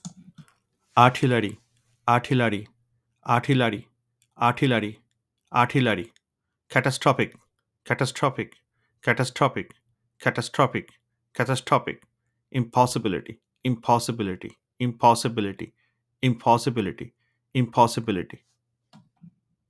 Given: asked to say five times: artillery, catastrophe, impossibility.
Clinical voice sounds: three words, each repeated; male; 30 to 39 years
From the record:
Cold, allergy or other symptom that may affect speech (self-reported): no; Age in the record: 35 years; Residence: North Carolina, United States

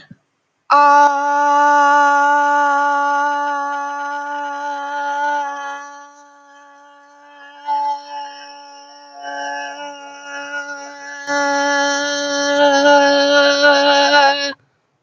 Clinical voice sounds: vowel held as long as possible; female; 18 to 19 years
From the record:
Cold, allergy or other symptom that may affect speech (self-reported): no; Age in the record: 18 years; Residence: Kentucky, United States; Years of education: 1

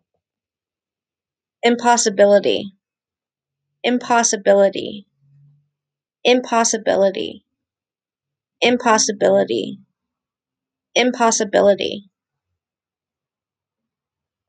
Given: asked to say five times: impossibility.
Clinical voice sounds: repeated word; female; 30 to 39 years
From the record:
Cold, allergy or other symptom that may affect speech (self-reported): no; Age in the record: 33 years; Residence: Pennsylvania, United States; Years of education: 13

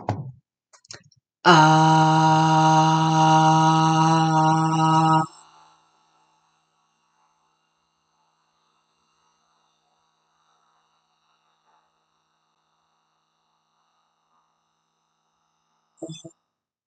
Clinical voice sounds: vowel held as long as possible; female; 30 to 39 years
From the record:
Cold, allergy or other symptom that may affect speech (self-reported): no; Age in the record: 37 years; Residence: United States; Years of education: 19

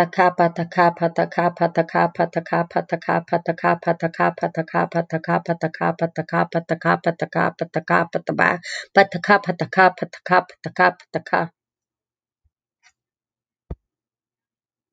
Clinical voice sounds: repeated syllables /pa ta ka/; female; 40 to 49 years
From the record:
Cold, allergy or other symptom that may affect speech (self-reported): no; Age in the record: 48 years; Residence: Illinois, United States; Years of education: 13

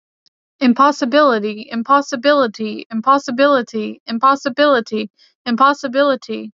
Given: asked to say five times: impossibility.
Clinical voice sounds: repeated word; female; 20 to 29 years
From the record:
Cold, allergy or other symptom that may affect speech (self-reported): no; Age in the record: 28 years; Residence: Arkansas, United States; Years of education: 19

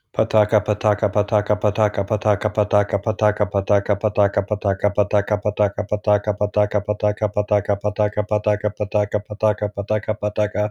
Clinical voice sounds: repeated syllables /pa ta ka/; male; 40 to 49 years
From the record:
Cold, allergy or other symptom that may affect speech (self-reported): no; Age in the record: 41 years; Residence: Ohio, United States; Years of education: 20

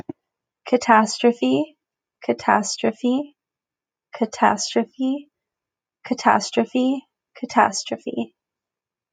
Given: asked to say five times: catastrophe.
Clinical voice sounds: repeated word; female; 20 to 29 years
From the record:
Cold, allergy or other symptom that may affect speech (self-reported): no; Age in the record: 25 years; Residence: California, United States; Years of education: 15

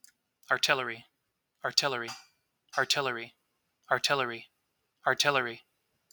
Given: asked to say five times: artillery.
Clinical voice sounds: repeated word; male; 30 to 39 years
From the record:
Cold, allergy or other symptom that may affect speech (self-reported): no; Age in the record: 32 years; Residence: Texas, United States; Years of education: 16

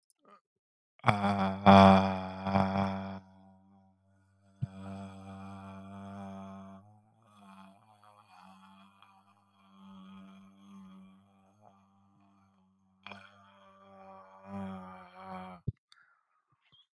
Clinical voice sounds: vowel held as long as possible; male; 20 to 29 years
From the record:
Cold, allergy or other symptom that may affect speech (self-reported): no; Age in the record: 29 years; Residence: Florida, United States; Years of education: 17

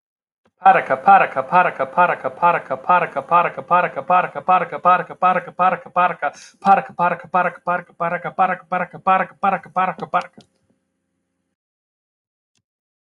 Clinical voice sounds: repeated syllables /pa ta ka/; male; 30 to 39 years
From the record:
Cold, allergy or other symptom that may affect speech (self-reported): no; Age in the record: 34 years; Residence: California, United States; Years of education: 18

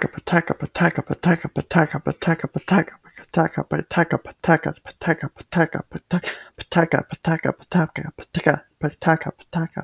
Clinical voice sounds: repeated syllables /pa ta ka/; male; 18 to 19 years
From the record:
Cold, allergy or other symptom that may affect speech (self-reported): no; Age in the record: 18 years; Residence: North Carolina, United States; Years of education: 12

